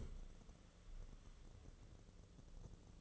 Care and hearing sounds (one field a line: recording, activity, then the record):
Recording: daily activity, microphone in the room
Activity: stand up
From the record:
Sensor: 4